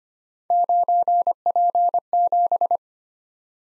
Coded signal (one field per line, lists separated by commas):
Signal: Morse code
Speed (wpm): 25 wpm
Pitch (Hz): 700 Hz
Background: none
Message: 9P7